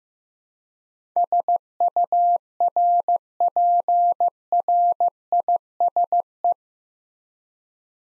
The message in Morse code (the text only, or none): SURPRISE